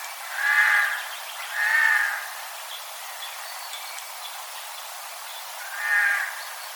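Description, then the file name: Eurasian jay calling with rough, scratchy screeches, two in quick succession then a pause of about four seconds before a third, faint bird notes between. "Garrulus glandarius"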